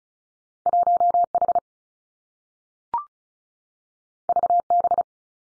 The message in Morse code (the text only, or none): 1 H V B